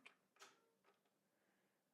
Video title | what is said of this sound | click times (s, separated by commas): How to install and use the Passap DECO / Duomatic 80 knitting machine | This clicks in place, so now all the sensing feelers are in position A, so they're up | 0.1 s